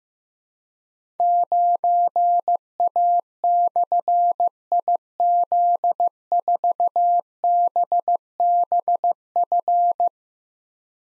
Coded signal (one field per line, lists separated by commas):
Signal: Morse code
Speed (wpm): 15 wpm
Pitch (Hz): 700 Hz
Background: none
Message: 9A/IZ4BBF